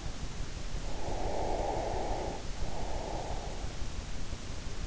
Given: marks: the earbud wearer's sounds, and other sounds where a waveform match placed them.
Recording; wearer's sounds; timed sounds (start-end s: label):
sounds in sleep by an in-ear microphone; breath
0.80-3.66 s: breath